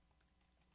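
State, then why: Not seated. A plastic tailgate (back) piece of a building-block truck is handled and pressed toward the model, giving faint, light tapping and rustling over a low steady hum. Nothing has seated or clicked yet.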